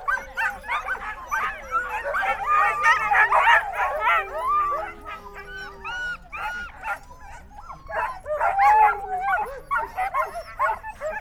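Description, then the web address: Dogs bark and yelp in a dense, overlapping chorus of many sharp barks, easing briefly before another burst, with a long whine underneath. Sled dogs in a farmyard, several dogs calling together in a chorus. "parasztudvar kutya szanhuzokoncert"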